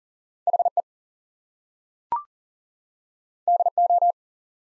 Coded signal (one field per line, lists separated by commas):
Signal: Morse code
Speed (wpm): 38 wpm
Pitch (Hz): 700 Hz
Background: none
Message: HE DO